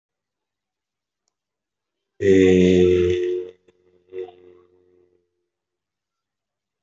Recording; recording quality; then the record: sustained vowel as in made; excellent, no background noise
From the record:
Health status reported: healthy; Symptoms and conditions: none ticked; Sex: male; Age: 22 years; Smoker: not ticked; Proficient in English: no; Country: India